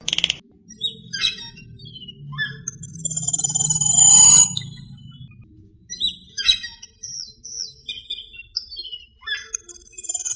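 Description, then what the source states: Songbird: bird song of scattered high chirps and whistles, with a louder rising phrase in the middle and a faint low hum beneath. Masteran recording for training songbirds.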